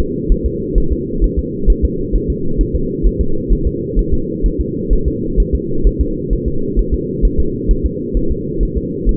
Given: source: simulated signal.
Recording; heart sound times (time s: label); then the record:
fetal heart sounds
0.00 s: S2
0.32 s: S1
0.46 s: S2
0.78 s: S1
0.92 s: S2
1.24 s: S1
1.39 s: S2
1.70 s: S1
1.84 s: S2
2.16 s: S1
2.30 s: S2
2.61 s: S1
2.75 s: S2
3.07 s: S1
3.21 s: S2
3.53 s: S1
3.67 s: S2
3.99 s: S1
4.14 s: S2
4.46 s: S1
4.60 s: S2
4.93 s: S1
5.08 s: S2
5.40 s: S1
5.55 s: S2
5.87 s: S1
6.01 s: S2
6.33 s: S1
6.48 s: S2
6.79 s: S1
6.94 s: S2
7.25 s: S1
7.40 s: S2
7.71 s: S1
7.86 s: S2
8.17 s: S1
8.31 s: S2
8.63 s: S1
8.77 s: S2
9.09 s: S1
From the record:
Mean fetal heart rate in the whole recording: 130 bpm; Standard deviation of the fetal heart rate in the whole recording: 2 bpm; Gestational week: 36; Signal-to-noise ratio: -8.1 dB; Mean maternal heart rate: 72 bpm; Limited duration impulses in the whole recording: absent